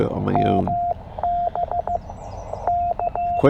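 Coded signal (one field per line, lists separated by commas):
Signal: Morse code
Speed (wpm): 15 wpm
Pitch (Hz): 700 Hz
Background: speech, radio noise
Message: MB K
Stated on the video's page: Parks on the Air CW activation at a state park in Tennessee.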